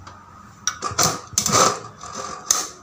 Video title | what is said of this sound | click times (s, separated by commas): Cara Menggunakan Setrika Uap SteamTrap I Review Setrika Uap Presto I Alat Peghemat Gas Setrika Uap | itu kan bunyinya krek gitu ya. Itu berarti dia udah ngunci. | 2.5 s